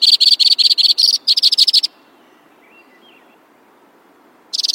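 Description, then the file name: White-winged crossbill song: two bursts of rapid trilled notes, a long silence with faint soft notes, then the trill starts again. "suara-kicauan-burung-white-winged-crossbill -omkicau"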